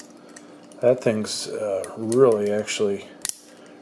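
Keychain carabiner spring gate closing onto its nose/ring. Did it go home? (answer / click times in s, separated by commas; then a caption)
yes / 3.2 s, 3.3 s. Someone talks as the spring-loaded gate of a stainless steel keychain carabiner clip is clipped on. The gate snaps shut onto its nose with a sharp double click at 3.2 and 3.3 seconds, and the clip is seated and in there good.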